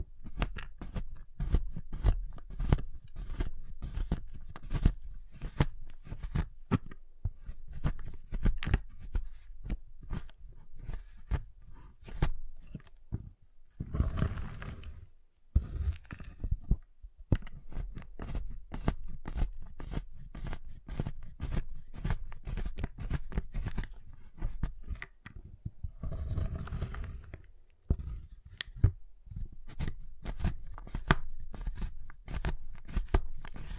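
Dense, quick tapping on a giant chocolate bar, with brief louder crunching bursts near 14 and 26 seconds, like cutting or snapping.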